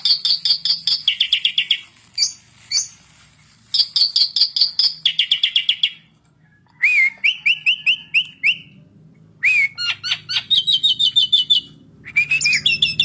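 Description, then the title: Asian pied starling song in bursts of rapid, repeated high ticking notes, followed by rising whistled phrases, with short pauses between sections. Masteran training audio of Asian pied starling song, used to spur songbirds that sing little or seem listless into singing. "Masteran Jalak Suren"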